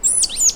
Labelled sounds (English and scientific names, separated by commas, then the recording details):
Stitchbird (Notiomystis cincta) song
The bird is a male
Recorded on Tiritiri Matangi Island, New Zealand, in 2005
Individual 1, of nest box 1